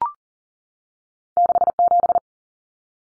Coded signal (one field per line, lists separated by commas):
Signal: Morse code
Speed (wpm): 40 wpm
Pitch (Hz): 700 Hz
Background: none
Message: 67